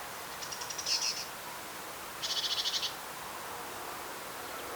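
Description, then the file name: Great tit calling twice, each a short, high, rapidly pulsed chattering burst under a second long, over a steady hiss of background noise. "Parus major"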